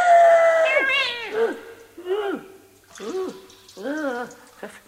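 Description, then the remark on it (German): A cat meows several times in a row, about five high, wavering calls, each rising then falling in pitch. The first is the longest, the rest are shorter and separated by brief pauses. “Liebe Katze, es ist für gar keinen Spaß, wenn du rankommst.”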